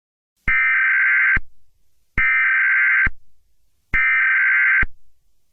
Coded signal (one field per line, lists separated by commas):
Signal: Emergency Alert System (SAME) tones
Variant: header bursts